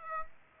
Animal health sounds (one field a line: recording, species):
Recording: mosquito wingbeat signal from an infrared sensor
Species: Aedes aegypti